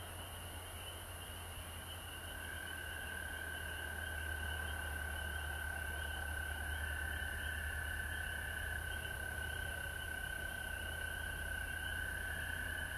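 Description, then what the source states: Frog chorus, a steady mid-pitched trilling tone that swells after a couple of seconds and holds, with fainter higher trills and a strong low hum. Recorded at home in Georgia on March 19, 2020.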